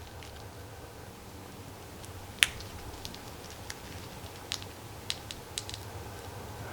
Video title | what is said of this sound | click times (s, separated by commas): Part 1 of Building the 1/6 scale Ghost Modern Warfare 2 British Bravo 0-7 Kill Or Capture figure | And I just feel it click in. | 2.4 s